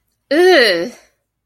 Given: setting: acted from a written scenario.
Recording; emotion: vocal sound without words; disgust